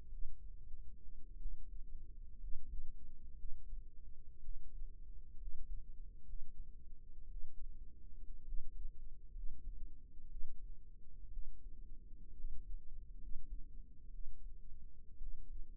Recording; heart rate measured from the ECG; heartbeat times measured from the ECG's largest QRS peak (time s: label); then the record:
heart sounds by microphone in the right ear; 60 bpm
0.10 s: heartbeat
1.37 s: heartbeat
2.38 s: heartbeat
3.36 s: heartbeat
4.40 s: heartbeat
5.37 s: heartbeat
6.24 s: heartbeat
7.28 s: heartbeat
8.44 s: heartbeat
9.32 s: heartbeat
10.28 s: heartbeat
11.30 s: heartbeat
12.34 s: heartbeat
13.18 s: heartbeat
14.10 s: heartbeat
15.18 s: heartbeat
From the record:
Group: healthy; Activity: rest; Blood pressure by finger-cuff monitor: 95/60 mmHg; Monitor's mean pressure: 73 mmHg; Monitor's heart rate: 58 bpm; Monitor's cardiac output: 5.5 L/min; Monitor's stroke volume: 92 mL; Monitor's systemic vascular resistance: 960 dyn s/cm5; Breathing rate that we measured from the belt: 17 breaths a minute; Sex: male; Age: 22 years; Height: 181 cm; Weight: 79 kg